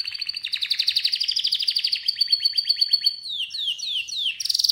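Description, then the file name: Canary song: rapid trills of repeated notes rolling at a steady pace, then a series of downward-sliding whistles and a final fast buzzy roll. "Canary Voice"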